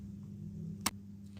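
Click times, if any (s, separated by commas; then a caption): 0.9 s. A DDR3 SO-DIMM RAM module is pressed down into the memory slot on a Toshiba Satellite C660 laptop's motherboard until the side retaining clips catch. A single sharp click is heard at 0.9 s over a steady low hum. The module is seated.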